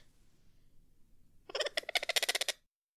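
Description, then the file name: Exotic bird call: after a quiet opening, an one-second burst of about a dozen harsh, rapidly repeated chattering notes that ends abruptly. Described as an exotic bird. "soundscrate-exotic bird sounds"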